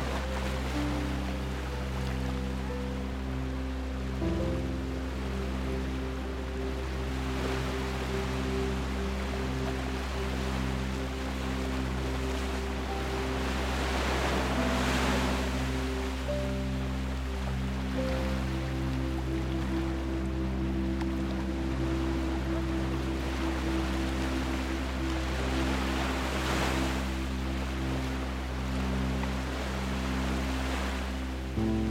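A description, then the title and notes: Gentle ocean waves wash in under soft, sustained low piano chords that hold steady and shift only a few times. The surf swells into fuller rushes around the middle and again near the end, with a constant hiss of water beneath. Gentle Ocean Waves with Piano. Ocean waves coming to shore while people play in the background. Ocean waves, people talking, water sounds.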